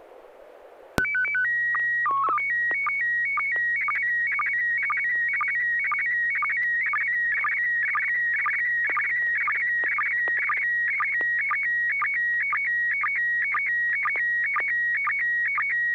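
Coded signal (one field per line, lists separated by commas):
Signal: SSTV (slow-scan television)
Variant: PD 120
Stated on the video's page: SSTV net on an FM repeater on 441.300 MHz in Sacramento, sent with MMSSTV software.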